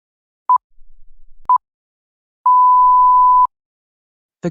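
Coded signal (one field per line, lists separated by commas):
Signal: none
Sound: quiz answer countdown beeps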